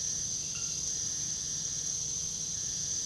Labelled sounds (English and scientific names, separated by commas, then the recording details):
none
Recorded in pastures near Puerto Asís, Putumayo, Colombia, on 21 February 2024 at 05:00
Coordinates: 0.486, -76.323
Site G6462